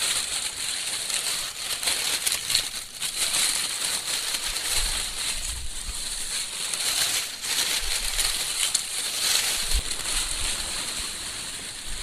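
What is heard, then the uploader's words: Dry plane, oak and maple leaves rustle and crunch continuously, a dense, crisp crackle that swells and eases without stopping. A few soft low thuds come through around the middle and near the ninth second, like steps or handfuls pressing into the pile. Autumn leaves. Dry London plane, oak, and maple leaves recorded by Dan Bodah on Argyle Road in Brooklyn, NY, November 2008.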